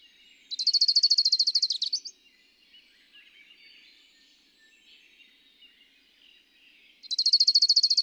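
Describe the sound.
Bird song: a fast, high rattle of repeated notes, lasting over a second and ending in a few looser notes, then faint bird chatter before the trill returns.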